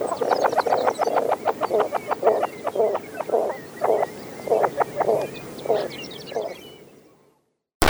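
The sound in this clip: Wilson's phalarope calling with short nasal honks in quick, slightly irregular succession, fading away before a brief click at the end.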